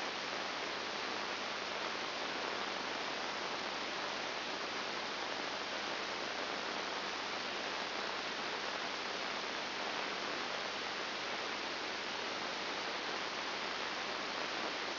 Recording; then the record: brain microelectrode recording played as sound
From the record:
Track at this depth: inside the subthalamic nucleus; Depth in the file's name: 4.102 mm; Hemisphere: left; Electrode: 2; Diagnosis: Parkinson's disease